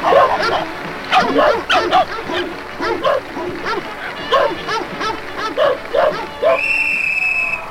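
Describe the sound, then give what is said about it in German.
A troupe of circus dogs performing a singing act barks and yelps in quick, rhythmic bursts of rising and falling pitch, almost like a tune, before a steady high whistling tone takes over at the end. “…”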